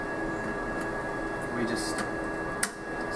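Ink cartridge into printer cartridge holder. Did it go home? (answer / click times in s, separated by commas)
yes / 2.6 s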